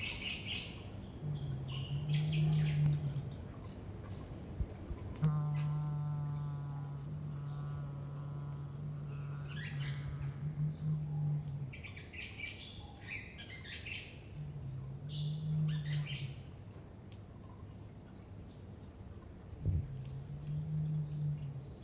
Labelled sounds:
Victoria Crowned Pigeon call
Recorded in captivity
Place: Tiergarten Wilhelma/Stuttgart, Baden-Württemberg, DE
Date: 2005-03-14 12:40
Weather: fair, 4-8°C
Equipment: Sony WM-D6C, Sony ECM-MS 907, Kopie Uher 4000 Report Monitor
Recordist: Tembrock, Günter

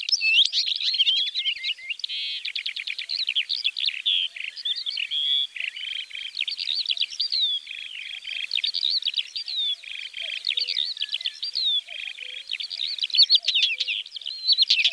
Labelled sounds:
Northern Wheatear song
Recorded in the wild
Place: Neuenwalde / Cuxhaven, Baden-Württemberg, DE
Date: 1985-05-22
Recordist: Schwarz, Dieter
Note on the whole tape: Song

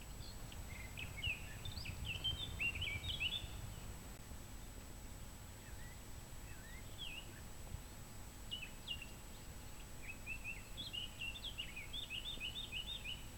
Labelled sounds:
Eurasian Blackcap song
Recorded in the wild
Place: SI
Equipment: Hornyphon Bandgerät, Phillips Mikrofon Type EL 6020
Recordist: Brunner, Thomas
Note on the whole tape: Mönchsgrasmücke, Gesang. Im Frühjahr 1964. Im Fratertal, Slowenien

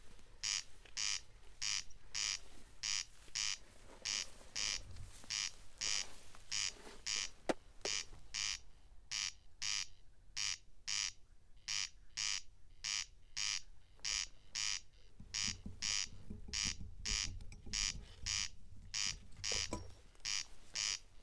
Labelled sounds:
Corn Crake song
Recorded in the wild
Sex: male
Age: adult
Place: Schwedt/Oder, Nationalpark Unteres Odertal, Brandenburg, DE
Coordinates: 53.0384, 14.292
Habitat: meadow
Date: 2020-07-08 22:55
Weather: 11°C, 90% humidity, almost windless
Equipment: Edirol R44, Microtech Gefell MK 250/MV220
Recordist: Frommolt, Karl-Heinz

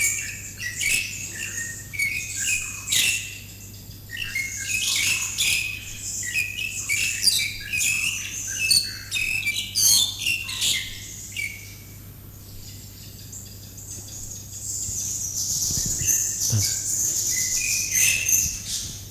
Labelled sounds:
Pied Myna song
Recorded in captivity
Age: adult
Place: Zoo Berlin, Berlin, DE
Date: 2005-08-23 12:22
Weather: rain, 17°C
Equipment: Panasonic RQ-2102, Sennheiser ME 80, Kopie Uher 4000 Report Monitor
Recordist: Tembrock, Günter
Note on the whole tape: Elsterstar: Zwei Exemplare: Gesang

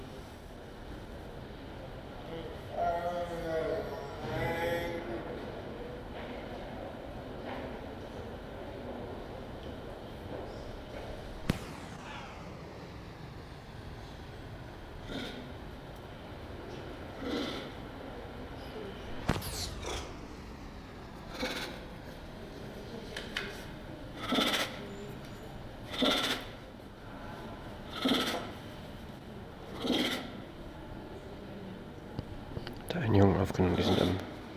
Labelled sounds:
Tiger
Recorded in captivity
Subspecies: tigirs
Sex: diverse
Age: diverse
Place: Tierpark Berlin, Berlin, DE
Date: 1968-01-13
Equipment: R 20/1, Sennheiser MD 421
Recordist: Tembrock, Günter

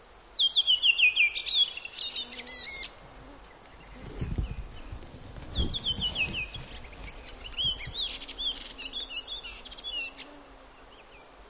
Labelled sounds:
Redwing song
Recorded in the wild
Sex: male
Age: adult
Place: Halbinsel Kindo, Karelien, RU
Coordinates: 66.5472, 33.1189
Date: 1995-06-20 23:48
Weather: fair, 15°C
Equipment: Sony TCD-D3, Sennheiser MKH 70, Windkorb
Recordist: Frommolt, Karl-Heinz

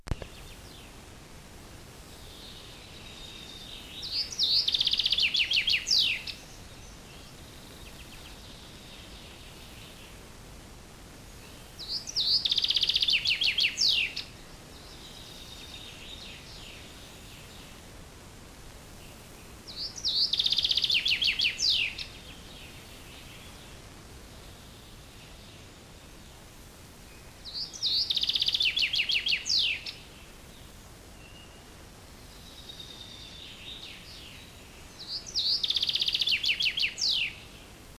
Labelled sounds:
Common Chaffinch song
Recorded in the wild
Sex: male
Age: adult
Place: Altenbeken, Eggegebirge, Nordrhein-Westfalen, DE
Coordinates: 51.7833, 8.96667
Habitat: mountain ridge
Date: 1966-06-17
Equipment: Uher 4000 Report-S, Bändchenmikro Beyer M 260, Parabolspiegel Polyester (470 mm)
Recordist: Conrads, Klaus
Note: Egge-Kamm bei Altenbeken, Scholandstein. Männchen: Gesang

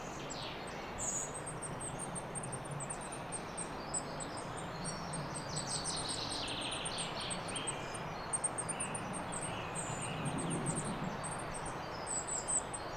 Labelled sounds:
Goldcrest call
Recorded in the wild
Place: Frauenstein, Erzgebirge, Sachsen, DE
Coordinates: 50.7944, 13.5292
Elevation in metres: 530
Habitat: wood
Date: 2008-03-29
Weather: cloudy, 2°C, moderate winds
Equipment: Sound Devices 702, Sennheiser MKH 70, Windkorb
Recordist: Frommolt, Karl-Heinz

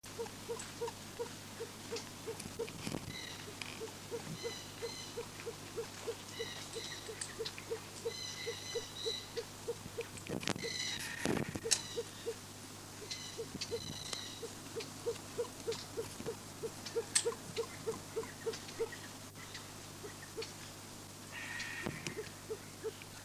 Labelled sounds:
Reeves's Pheasant call
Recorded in captivity
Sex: male
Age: adult
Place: Tierpark Berlin, Berlin, DE
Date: 2006-09-14 18:17
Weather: sunny, 25°C
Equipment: Grundig CR 110, Sennheiser ME 80, Kopie Uher 4000 Report Monitor
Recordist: Tembrock, Günter

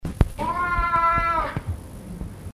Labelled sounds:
Clouded Leopard
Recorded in captivity
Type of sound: meow
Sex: male
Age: adult
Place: Tierpark Berlin, Berlin, DE
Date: 1962-01-28 13:00
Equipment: Minifon, Kopie Smaragd
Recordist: Tembrock, Günter
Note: Männchen: Maunzen beim Umherlaufen. Abstand 2 m

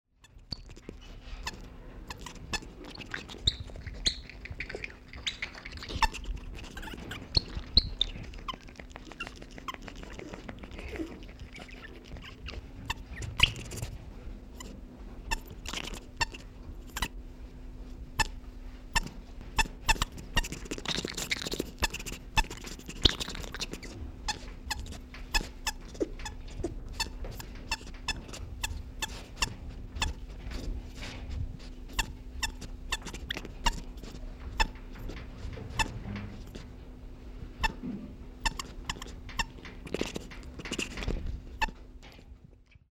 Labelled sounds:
South American Coati
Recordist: Tembrock, Günter
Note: Diverse Lautformen

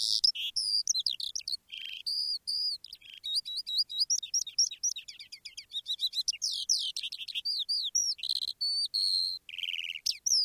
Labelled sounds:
Eurasian Skylark
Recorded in the wild
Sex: male
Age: adult
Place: Erlangen, OT Schallershof, Bayern, DE
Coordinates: 49.5792, 10.9736
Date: 1962-05-13
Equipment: Stellavox SM 5, Vorverstärker, Original, Vollspur
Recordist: Tretzel, Erwin

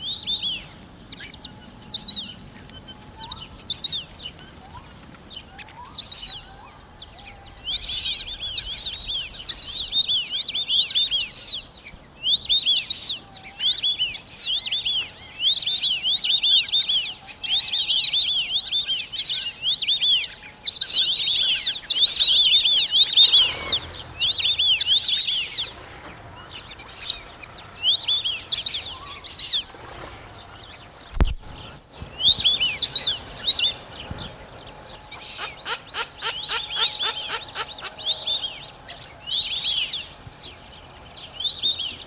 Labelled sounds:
White-faced Whistling Duck call
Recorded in captivity
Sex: group
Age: adult
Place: Tierpark Berlin, Berlin, DE
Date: 1981-04-18
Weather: sunny, 1-6°C
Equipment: Nagra SN, Kopie Uher 4200
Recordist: Tembrock, Günter

